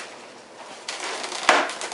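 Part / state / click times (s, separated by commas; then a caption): foam assembly part (likely wing section) into RC jet fuselage / seated / 1.5 s. A foam part, likely a wing section, of a Freewing T-45 90mm RC jet is pressed down onto the fuselage airframe after the parts are slid through and checked for obstructions. A quiet rustle gives way to a soft knock at 0.9 s, then a sharp snap at 1.5 s as the part seats, with a smaller knock at 1.8 s. The part is seated in place.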